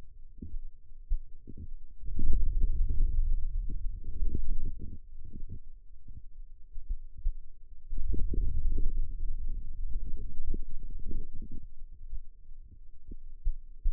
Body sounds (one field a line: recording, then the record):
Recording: forearm muscle sounds (acoustic myography)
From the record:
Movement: hand opening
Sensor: system 2, bracelet of six BSWA MPA416 microphones around the upper forearm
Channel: 6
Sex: male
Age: 22 years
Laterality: right